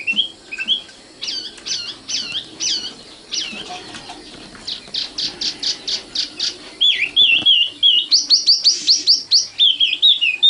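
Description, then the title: Oriental magpie-robin song: varied whistled and chattering phrases, looped notes then rapid buzzy series and rising whistles, lively and continuous. Kacer song. "Kicau Kacer"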